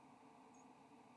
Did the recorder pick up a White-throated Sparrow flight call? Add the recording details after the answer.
no. Another species' flight call is heard. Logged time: 06:29 on 7 November 2014